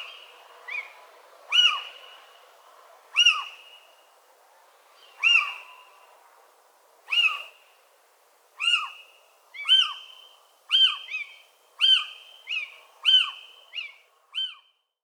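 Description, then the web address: Little owl calling with loud, clipped notes, widely spaced at first, then coming faster and closer together toward the end. "civetta"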